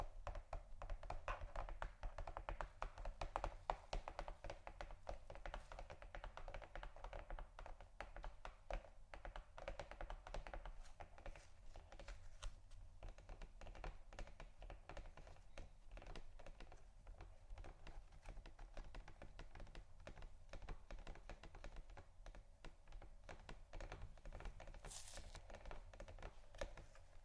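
Cardboard boxes are scratched and tapped in a dense, continuous run of quick dry ticks and scrapes, almost like fast typing. The pace stays busy and fairly even for the whole stretch, over a steady low rumble, with a brief bright hiss near the end.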